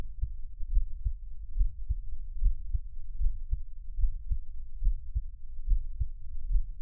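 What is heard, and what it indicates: Steady paired low thumps, a lub-dub pattern, repeat at about 71 beats a minute. It is an adult's own heartbeat heard close up, offered as Taiwanese ASMR, with an even rhythm throughout and no talking.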